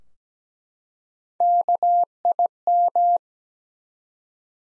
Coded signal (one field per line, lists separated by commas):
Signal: Morse code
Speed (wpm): 17 wpm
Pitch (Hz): 700 Hz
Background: none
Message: KIM